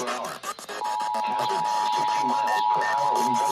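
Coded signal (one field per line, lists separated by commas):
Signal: Emergency Alert System (SAME) tones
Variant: 853 and 960 Hz attention tone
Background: speech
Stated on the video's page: Series of alerts issued by a weather service office.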